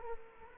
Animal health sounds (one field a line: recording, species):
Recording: mosquito wingbeat signal from an infrared sensor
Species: Culex quinquefasciatus